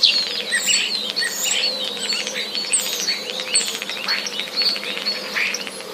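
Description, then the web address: Common starling song, a continuous jumble of chirps, clicks, rattling notes and short whistles, busy and varied throughout without pause. Song containing mimicry, borrowed sparrow sounds. "wroblowe zapozyczenia szpaki"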